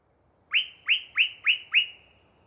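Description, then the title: Yellow-breasted chat song: five loud upslurred whistled notes, each sweeping up then holding a steady tone, repeated about three per second against a quiet background. Long pre-dawn song bout from a particularly chatty bird in deciduous cover. "A Very Chatty Yellow-breasted Chat"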